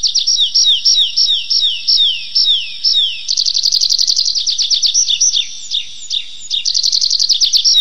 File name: lesnoj konek anthus trivialis